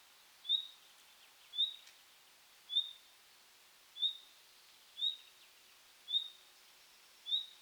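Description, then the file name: Common nightingale giving short, clear whistled calls with a quick upward flick, repeated roughly once a second, seven in a row over a faint steady background hiss. "Luscinia megarhynchos"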